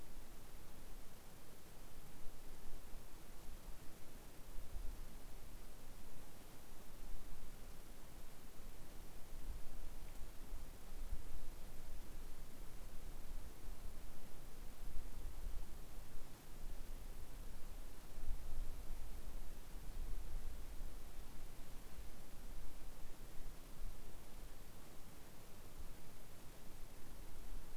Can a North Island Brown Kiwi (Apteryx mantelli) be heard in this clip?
no